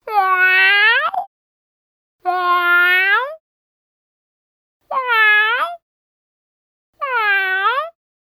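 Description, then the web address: Cat crying in four drawn-out, harmonic meows, each about a second long and dipping then rising in pitch, spaced roughly two seconds apart, with silence between them. "Ian Hubball Cat cry"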